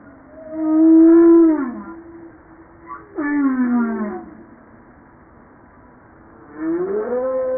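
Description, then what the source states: Humpback whale song: a loud, steady moan bending down into a falling sweep, then a second downswept moan and a rising whoop, all rich with layered harmonics. Recorded 5 March 1994.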